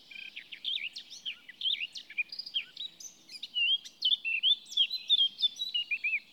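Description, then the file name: Eurasian blackcap delivering steady, fast warbling with sliding whistled notes throughout. "Sylvia atricapilla"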